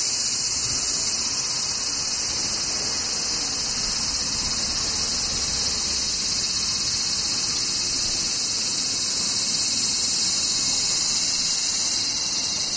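Cicadas shrill in a dense, unbroken high-pitched drone that holds steady throughout, over a faint low rumble beneath.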